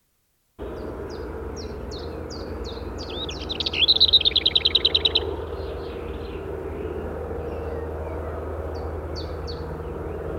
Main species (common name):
Lesser Whitethroat